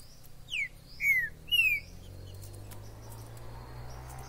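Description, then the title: Green-winged saltator giving a three-note phrase of rich, falling whistles, followed by near silence with faint background hiss. Wild bird in the forest, calling, singing and displaying as a male in a contest; used to stimulate a kept bird. "TRINCA Piando, Cantando E Macheando Na DISPUTA. TRINCA FERRO no MATO. Trinca ferro MAJOR no MATO"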